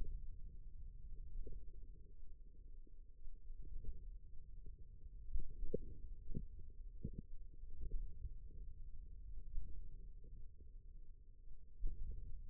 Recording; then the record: forearm muscle sounds (acoustic myography)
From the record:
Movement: finger pinch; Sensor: system 2, bracelet of six BSWA MPA416 microphones around the upper forearm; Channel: 3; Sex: male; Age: 22 years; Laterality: right